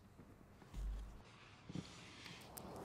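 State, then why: Seated. The plastic bottom cover panel of a Skoda Octavia's cabin filter housing in the footwell is pushed up and slid toward the driver's side, with low scraping and handling noise through the clip. A single sharp click at 2.6 s marks the panel seating into place.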